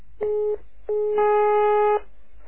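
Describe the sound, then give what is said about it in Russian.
A telephone busy tone after a hang-up: a short, steady mid-pitched electronic beep, a brief gap, then a longer beep that gains a second, higher layer partway through. No voices. “Что повесили, нахуй!”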